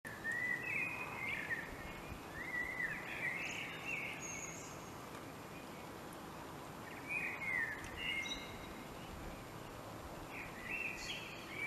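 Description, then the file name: Common blackbird repeating fluted, melodious phrases every few seconds, each trailing off into thin, squeaky high notes, with steady background hiss. "Turdus merula"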